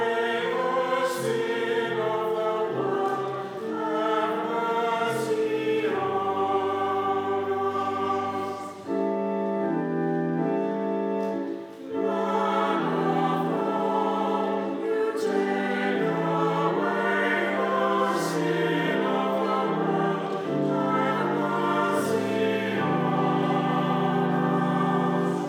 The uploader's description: the choir with the organ, and the congregation singing